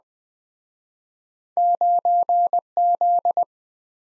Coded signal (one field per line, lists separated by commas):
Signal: Morse code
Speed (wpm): 20 wpm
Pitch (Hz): 700 Hz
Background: none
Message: 9Z